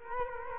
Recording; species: mosquito wingbeat signal from an infrared sensor; Culex quinquefasciatus